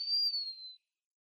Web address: Schulze Peter Wallcreeper